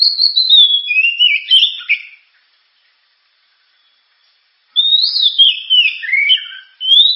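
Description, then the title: Oriental magpie-robin song in bursts of fast, tumbling whistled notes, with a long quiet gap between them. Described as a loud, sharp, very powerful song used to prompt and train other birds to sing. "Kacer Gacor Suara Tajam. Kacer Gacor Suara Super Kenceng Cocok untuk Pancingan"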